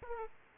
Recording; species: mosquito wingbeat signal from an infrared sensor; Aedes aegypti